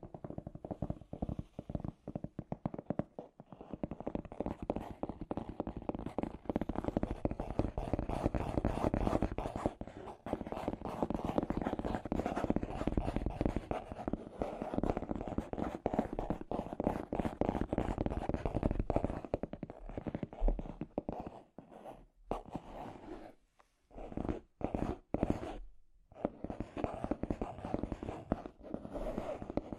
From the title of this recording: Scratchy Tapping